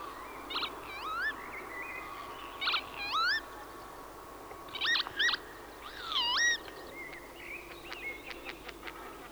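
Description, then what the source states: Northern Lapwing calls: wheezy slurred cries given in several separate bursts, with fainter clicking notes near the end. Field recording.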